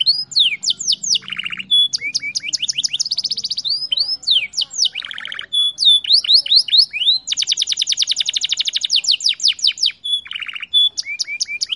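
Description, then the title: Canary singing a long, varied song: sharp falling whistles, buzzy rolls and extended trills in quick succession, with faint low background noise. Warm-up song; long rolling song used as a master recording to train young canaries to sing. "Canto Para Esquentar Canário Belga. Kenari AF gacor panjang untuk masteran, Kenari muda cepat gacor ngerol panjang"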